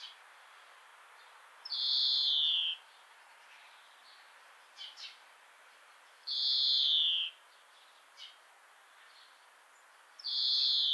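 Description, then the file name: European greenfinch giving a drawn-out nasal wheeze that slides downward, repeated three times every few seconds, with faint clicks between. "Chloris chloris"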